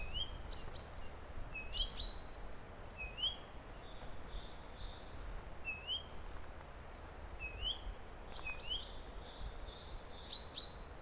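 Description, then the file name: Great tit calling repeatedly, high notes and lower upward-sweeping whistles, with faint soft notes and low background rumble. "Parus major"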